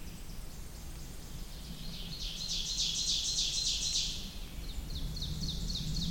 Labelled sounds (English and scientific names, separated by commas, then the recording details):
Ovenbird (Seiurus aurocapilla) song
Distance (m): 35 m
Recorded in boreal forest in Alberta, Canada, on 28 May 2016 at 06:37
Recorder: SongMeter 3, array SBT-3-49
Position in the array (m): 110 m, 257 m
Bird 14